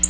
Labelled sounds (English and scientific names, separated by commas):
Black-throated Blue Warbler (Setophaga caerulescens) flight call